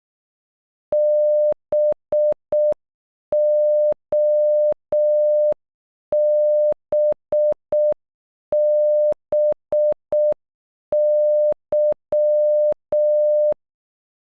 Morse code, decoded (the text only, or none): BOBBY